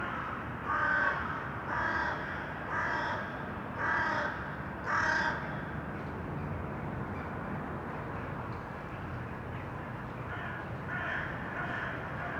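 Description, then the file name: Crow calling a series of five loud harsh caws about one per second, then quieter caws over steady background noise. Urban crows. "Detunized - Urban Crows"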